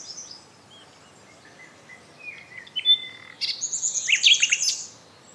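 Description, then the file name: Common nightingale song: thin high whistles, then a rapid series of bright buzzy notes sliding downward, ending in quick repeated chips over steady background hiss. "Luscinia megarhynchos"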